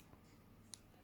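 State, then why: Seated. A replacement coin cell battery is pushed into its holder in a Jaguar XF smart key fob. After a soft tap near 0.1 s, a sharp small click at 0.7 s marks the battery snapping in, and it is seated.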